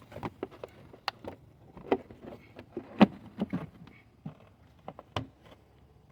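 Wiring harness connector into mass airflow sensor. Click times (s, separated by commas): 1.1 s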